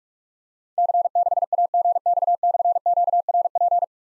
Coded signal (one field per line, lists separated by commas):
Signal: Morse code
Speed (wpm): 44 wpm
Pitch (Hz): 700 Hz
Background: none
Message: C6AGX/QRP